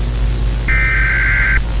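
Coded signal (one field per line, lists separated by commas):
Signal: Emergency Alert System (SAME) tones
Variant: header bursts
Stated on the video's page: Fictional EAS scenario, simulated.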